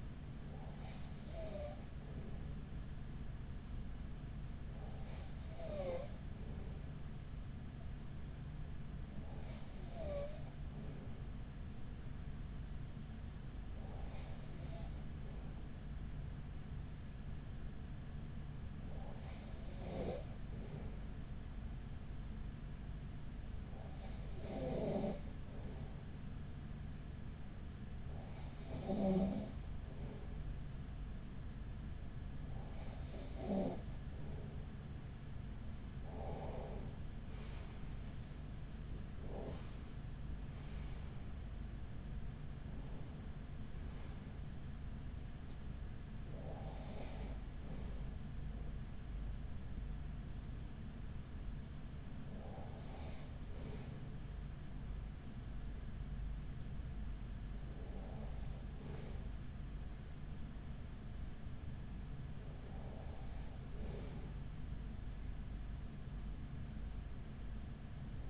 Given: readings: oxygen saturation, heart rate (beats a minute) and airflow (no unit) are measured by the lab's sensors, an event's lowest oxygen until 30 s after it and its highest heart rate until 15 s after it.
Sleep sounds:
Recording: breathing in sleep by a smartphone at the bedside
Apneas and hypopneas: 1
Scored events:
15.00-38.80 s: hypopnea (N2, oxygen 94% highest, then 94% lowest, heart rate 43 at the start, 52 highest)
From the record:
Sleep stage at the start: N2 (light sleep)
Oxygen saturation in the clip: 94 to 95%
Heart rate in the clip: 40 to 52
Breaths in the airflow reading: 15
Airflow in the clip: -6.7 to 7.1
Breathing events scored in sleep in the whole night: 207 in 7.6 hours asleep

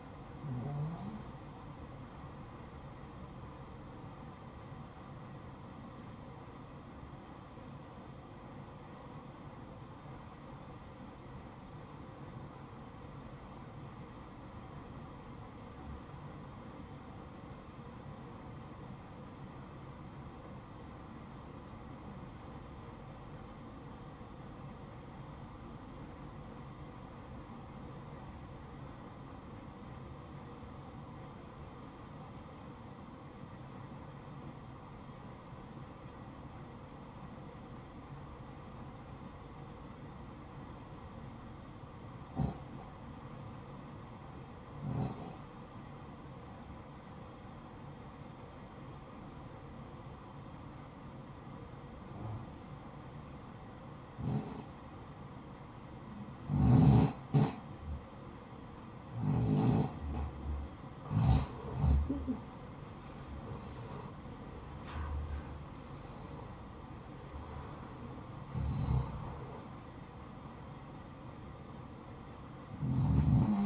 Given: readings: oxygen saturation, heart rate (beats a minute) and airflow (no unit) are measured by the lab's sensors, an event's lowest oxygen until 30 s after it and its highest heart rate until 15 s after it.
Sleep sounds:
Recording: breathing in sleep by a smartphone at the bedside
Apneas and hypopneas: 1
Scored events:
5.00-59.80 s: obstructive apnea (REM, oxygen 92% highest, then 79% lowest, heart rate 61 at the start, 81 highest)
From the record:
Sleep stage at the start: REM sleep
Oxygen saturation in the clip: 86 to 93%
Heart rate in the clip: 45 to 81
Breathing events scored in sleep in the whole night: 573 in 9.8 hours asleep

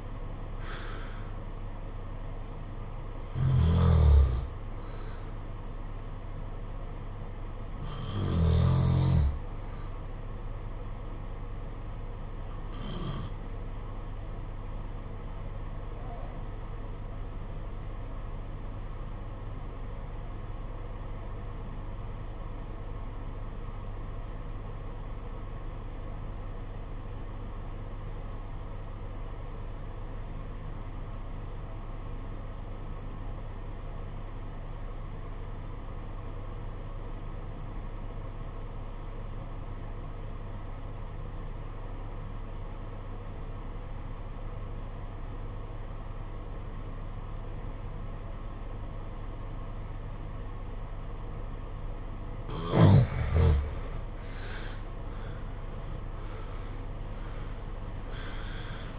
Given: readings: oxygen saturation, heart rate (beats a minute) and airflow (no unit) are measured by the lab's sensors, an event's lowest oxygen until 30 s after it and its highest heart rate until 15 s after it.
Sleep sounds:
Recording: breathing in sleep by a smartphone at the bedside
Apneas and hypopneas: 1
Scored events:
12.00-53.50 s: obstructive apnea (REM, oxygen 96% highest, then 67% lowest, heart rate 60 at the start, 89 highest)
From the record:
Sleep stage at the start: REM sleep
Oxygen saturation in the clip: 68 to 96%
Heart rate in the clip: 53 to 85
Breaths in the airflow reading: 6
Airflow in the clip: -12.2 to 10.8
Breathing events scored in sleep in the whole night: 476 in 9.7 hours asleep

